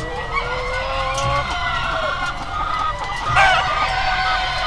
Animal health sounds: poultry house recording; healthy chickens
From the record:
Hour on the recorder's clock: 19

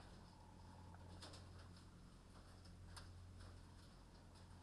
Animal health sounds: poultry house recording; healthy chickens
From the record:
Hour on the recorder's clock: 21

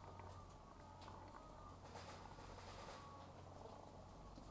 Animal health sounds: poultry house recording; sick chickens (respiratory disease)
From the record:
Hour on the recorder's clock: 12

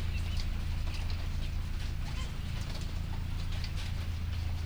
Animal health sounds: poultry house recording; sick chickens (respiratory disease)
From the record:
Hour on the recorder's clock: 3

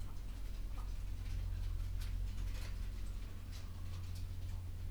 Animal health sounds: poultry house recording; sick chickens (respiratory disease)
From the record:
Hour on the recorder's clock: 11

